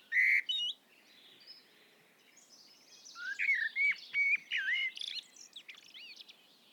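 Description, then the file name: Common blackbird song: brief loud whistled notes, a pause, then a run of fluty slurred phrases and high twittering notes. "Turdus merula"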